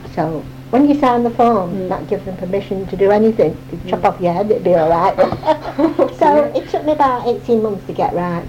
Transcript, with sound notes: So, when you sign the forms, that gives them permission to do anything.
Mhm.
Chop off your head and it'd be alright. [laughter]
Oh dear.
So, it took about eighteen months to get right.